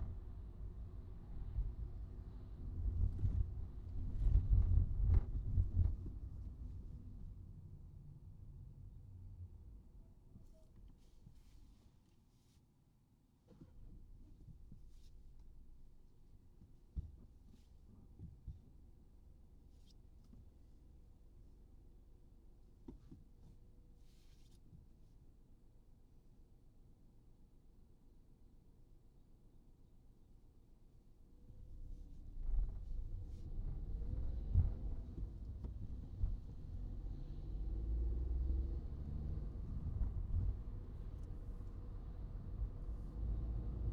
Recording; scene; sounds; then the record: everyday scene through a hearing-aid microphone; in a vehicle; engine, highway traffic jam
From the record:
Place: Skoda Fabia, gasoline engine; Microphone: in the ear canal, right